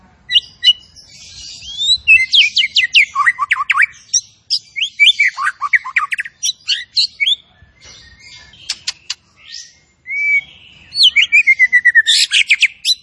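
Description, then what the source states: Zebra finch song, long and varied, with clusters of steep downslurred notes, scattered high chips, a quiet pause, then a final rapid twittering run. Masteran training audio of a tembakan bird singing actively (gacor).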